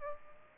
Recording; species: mosquito wingbeat signal from an infrared sensor; Aedes aegypti